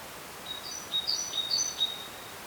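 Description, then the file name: Great tit calls: a quick cluster of thin, very high notes, some sliding, over about a second. "Parus major"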